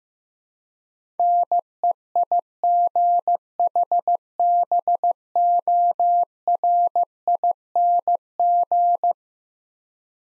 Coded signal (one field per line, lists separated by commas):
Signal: Morse code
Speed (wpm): 15 wpm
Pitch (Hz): 700 Hz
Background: none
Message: NEIGHBORING